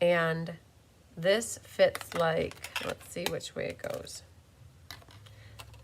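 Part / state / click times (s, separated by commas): metal die into plastic embossing folder / seated / 4.9 s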